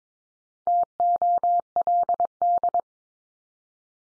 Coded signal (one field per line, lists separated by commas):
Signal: Morse code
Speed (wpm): 22 wpm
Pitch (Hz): 700 Hz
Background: none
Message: TOLD